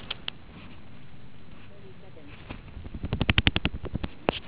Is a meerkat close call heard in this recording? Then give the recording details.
no. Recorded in the Kuruman River Reserve, South Africa. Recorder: an audio tag on a meerkat's collar